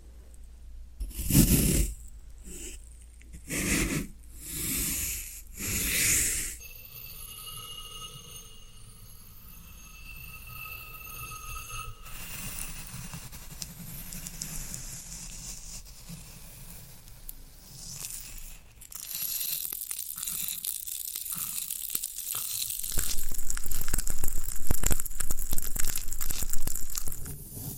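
Floral foam is handled in a series of bursts: five or six loud, rough scrapes come roughly once a second during the first six seconds. After that the sound turns to a quieter, steady crumbling and crackling with a faint high whine, then brighter, denser crackling from about nineteen seconds on.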